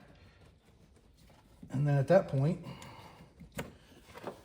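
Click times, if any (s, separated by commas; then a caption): 3.6 s. On a 2006 Chevrolet Silverado being repaired for a leaking heater hose, someone talks while working the plastic quick connector on the heater hose off its metal coolant tube. A sharp snap at 3.6 s marks the connector popping off and releasing from the tube, followed by a few softer clicks.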